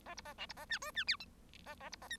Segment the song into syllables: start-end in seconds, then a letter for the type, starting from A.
0.05-0.14 A, 0.17-0.21 B, 0.25-0.33 A, 0.38-0.46 C, 0.49-0.53 B, 0.56-0.66 A, 0.69-0.78 D, 0.81-0.91 E, 0.95-1.04 D, 1.07-1.16 F, 1.20-1.25 G, 1.66-1.75 A, 1.80-1.89 A, 1.92-1.96 B, 2.01-2.08 A, 2.10-2.17 H